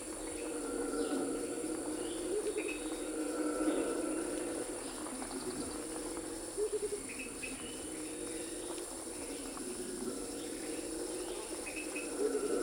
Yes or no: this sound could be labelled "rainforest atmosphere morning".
yes